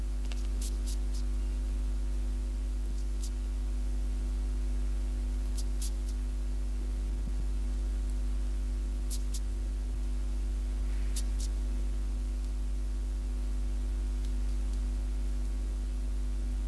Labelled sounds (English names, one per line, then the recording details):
Snail Hunter stridulation
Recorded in captivity
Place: Berlin
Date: 1988-09-23
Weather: Temperatur 25°C
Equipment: Tesla B 115, RFT DM 2415 (Originalband)
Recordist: Frommolt, Karl-Heinz